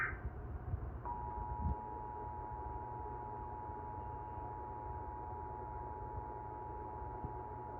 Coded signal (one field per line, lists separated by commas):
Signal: Emergency Alert System (SAME) tones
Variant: 853 and 960 Hz attention tone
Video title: (EAS #13) Xfinity - Child Abduction Emergency